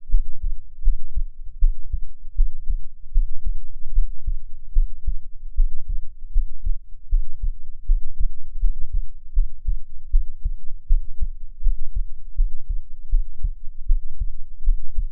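Steady, low, muffled thumps repeat at about 80 beats a minute against a soft whooshing hum, with a regular rhythm throughout. A normal adult human heartbeat picked up by ultrasound (Doppler).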